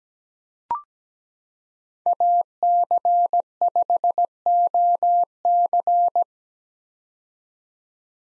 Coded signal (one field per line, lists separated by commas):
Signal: Morse code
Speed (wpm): 17 wpm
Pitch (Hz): 700 Hz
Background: none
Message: AC5OC